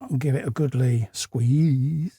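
Someone talks while pressing together the two plastic halves of a fire extinguisher part for a 1:8 scale 1966 Batmobile model by Fanhome, joined by their pegs and squeezed by hand. Nothing has seated or clicked yet.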